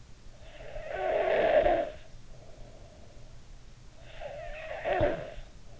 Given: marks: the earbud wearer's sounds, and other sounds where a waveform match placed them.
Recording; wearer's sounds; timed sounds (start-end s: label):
sounds in sleep by an in-ear microphone; snoring breath
0.12-2.66 s: snoring breath
3.89-5.80 s: snoring breath